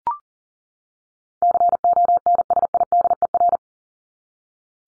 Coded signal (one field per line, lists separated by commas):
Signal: Morse code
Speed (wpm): 38 wpm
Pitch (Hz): 700 Hz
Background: none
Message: CONSIDER